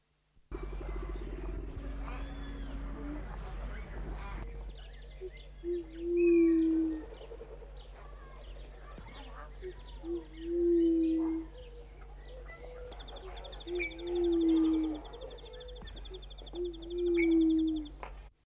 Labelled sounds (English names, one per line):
Bridled Quail-Dove call